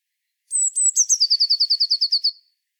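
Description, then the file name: Eurasian blue tit delivers a single phrase, a couple of piercing high notes followed by a bright, evenly repeated trill of about twelve notes. "Cyanistes caeruleus"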